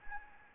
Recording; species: mosquito wingbeat signal from an infrared sensor; Anopheles arabiensis